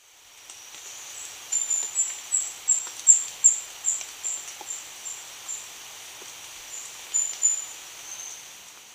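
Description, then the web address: Indigo flowerpiercer delivering a run of high, thin notes about three per second, fading, then after a gap two or three more. Recorded in Ecuador. "Natures Songs S America Birds of Ecuador Indigo Flowerpiercer"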